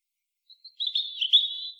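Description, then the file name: European robin song: a short burst of high, tinkling notes flowing into a wavering warble that ends on a thin, very high note. "Erithacus rubecula"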